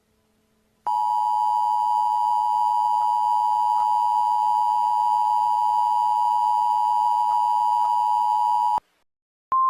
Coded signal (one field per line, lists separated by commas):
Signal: Emergency Alert System (SAME) tones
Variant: 853 and 960 Hz attention tone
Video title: An EAS Scenario: Oreo Bilzzard Contaminated